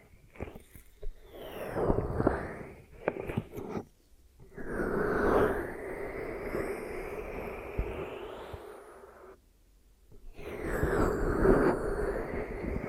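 Close, rough rubbing and squishing sounds of an ear massage come in bursts, with a long steady sweep mid-clip and short silent pauses.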